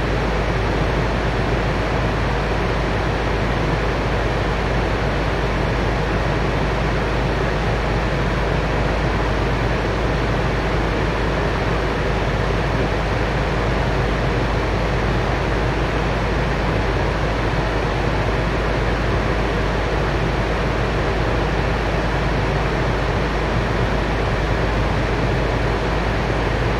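Plane cabin ambience: a steady, dense roar fills the whole clip, heaviest in the low end with a constant deep hum underneath. Nothing stands out or changes over the 27 seconds; the level stays even and unbroken throughout.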